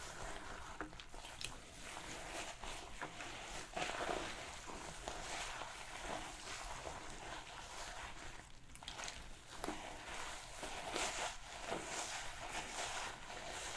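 Hair being shampooed and brushed, a dense, steady rustle of wet scrubbing and bristle strokes that never stops. Brighter swishes rise every second or so, with a sharper burst near nine seconds, over a faint low hum underneath.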